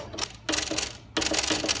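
A click-type torque wrench tightens the head bolts of a 1-liter engine during a seal replacement, brought up evenly so the heads won't leak. Bursts of dense, bright ratcheting fill the clip, with sharp clicks at 0.2 s and 0.8 s and more ticks between 1.2 and 1.7 s. The wrench clicks over at its torque setting, showing the bolt has reached spec.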